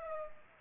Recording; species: mosquito wingbeat signal from an infrared sensor; Culex pipiens